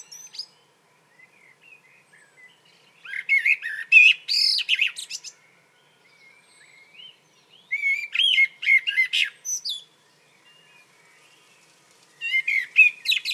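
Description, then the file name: Common blackbird singing: phrases that open with fluty warbled notes and end in a squeaky, high twitter, with pauses in between, the last one cut off. "Turdus merula"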